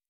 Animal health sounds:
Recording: hydrophone in a shrimp aquaculture tank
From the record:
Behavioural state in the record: normal

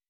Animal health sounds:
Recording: hydrophone in a shrimp aquaculture tank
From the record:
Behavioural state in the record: weakened

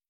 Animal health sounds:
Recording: hydrophone in a shrimp aquaculture tank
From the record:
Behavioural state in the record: feeding

